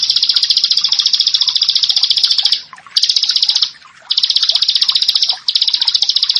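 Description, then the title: Prinia giving loud, dense, high buzzy trills, broken by short pauses between bursts. "Ciblek Sawah"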